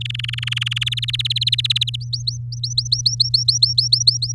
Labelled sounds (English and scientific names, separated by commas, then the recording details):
Domestic Canary (Serinus canaria) song
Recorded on 7 May 2018 at 16:30
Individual llb16